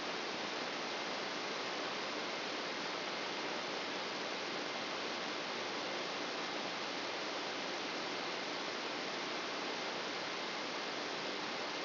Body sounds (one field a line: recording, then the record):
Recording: brain microelectrode recording played as sound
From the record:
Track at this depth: outside the subthalamic nucleus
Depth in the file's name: 0.581 mm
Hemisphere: left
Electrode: 3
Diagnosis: Parkinson's disease